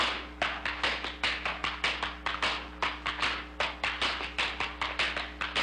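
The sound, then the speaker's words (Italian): Tap shoes strike out an over-the-top step, one foot brought back and the other jumping over it rather than sliding: a brisk, uneven run of sharp, bright clicks in rhythmic clusters, steady and fairly loud, with no talking and a faint low hum beneath. “Bringing one foot back, this one coming over, that's where it got its name.”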